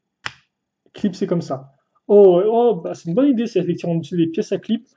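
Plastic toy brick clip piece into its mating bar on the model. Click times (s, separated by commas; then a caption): 0.3 s. A plastic LEGO clip piece snaps into its mating bar on the underside of a model, with a sharp click at 0.3 s, and the piece seats in place. Afterward, someone talks.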